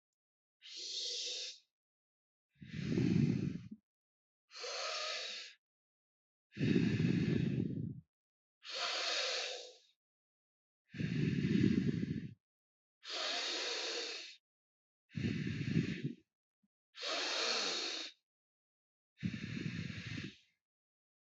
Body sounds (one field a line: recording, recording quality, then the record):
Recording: deep breathing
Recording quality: excellent, no background noise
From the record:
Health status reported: healthy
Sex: male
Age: 30 years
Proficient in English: yes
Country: United States